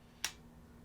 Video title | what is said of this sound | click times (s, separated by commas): Panasonic GH6 Review & Tutorial - A Beginners Guide | that's the click so that's the lock and if you want to take it off you just press that and then turn the lens and it'll come off | 0.2 s